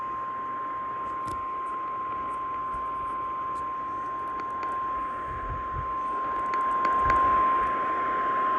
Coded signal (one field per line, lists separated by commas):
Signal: Emergency Alert System (SAME) tones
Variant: 1050 Hz attention tone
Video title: California Late-Season Monsoonal Event (EAS Alerts from 10/10/22-10/12/22) (EAS #498-503)